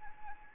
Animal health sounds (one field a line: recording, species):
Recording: mosquito wingbeat signal from an infrared sensor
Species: Anopheles arabiensis